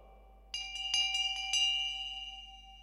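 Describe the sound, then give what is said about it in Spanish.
A small bell is struck in a quick series of about six bright, high-pitched dings, then its clear metallic tone rings on and slowly fades, with no voices. “Campana y se acabó.”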